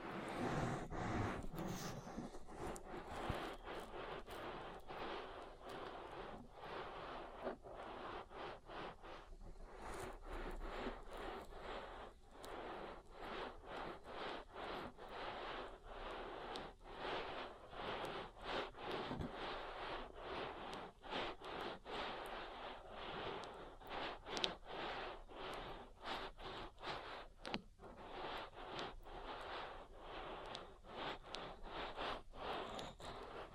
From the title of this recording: ASMR Oil Ear Massage